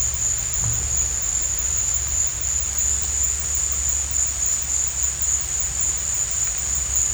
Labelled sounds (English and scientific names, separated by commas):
none